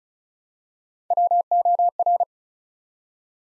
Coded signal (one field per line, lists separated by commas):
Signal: Morse code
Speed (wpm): 36 wpm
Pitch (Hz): 700 Hz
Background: none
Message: WOR